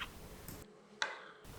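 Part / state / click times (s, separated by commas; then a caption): plastic case clip of a car smart key fob / released / 1.0 s. A metal key set in a notch pries open and twists the plastic case of a Range Rover smart key fob until the internal case clip lets go. After a small tick at 0.5 s, a sharp snap comes at 1.0 s, one side letting go of the other rather than a crack, and the clip is released.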